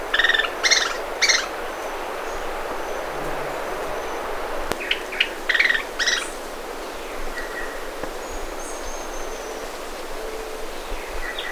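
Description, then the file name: Rusty-fronted tody-flycatcher song: a few short buzzy, stuttering bursts of notes, given in two clusters a few seconds apart, with thin whistles of other birds and steady background hiss. "canto do ferreirinho de testa parda"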